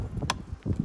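The lower plastic trim cover of a door mirror housing on a Mercedes-Benz is pulled out and then up at its right corner to release its clip. A single sharp, loud click at 0.3 s shows the clip coming free, and a few faint knocks and low rumbles follow. The cover's clip has released.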